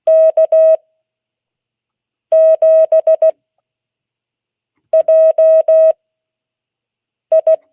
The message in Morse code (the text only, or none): K7JI